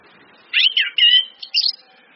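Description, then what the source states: Orange-headed thrush, one brief, rich phrase of several quick slurred whistled notes. Indonesian bird-training lure recording (pancingan, masteran) of ngeplong-style song plus female whistles (suitan betina), meant to make birds sing actively (gacor).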